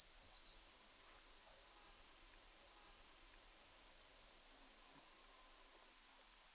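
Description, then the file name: Eurasian blue tit, two phrases: the tail of a high, quick descending trill at the start, then after four silent seconds a thin high note and a falling, rattling trill. "Cyanistes caeruleus"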